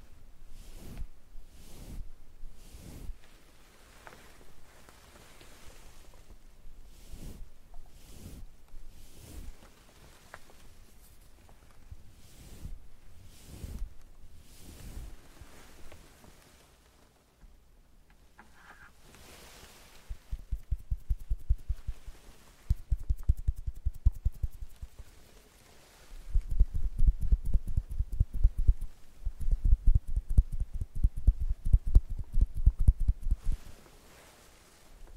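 Makeup being done, with tweezers and a curling iron clicking and tapping. For the first seventeen seconds there are sharp, separate clicks about once a second, then a brief lull, followed by louder, denser bursts of rapid clattering that continue to the end.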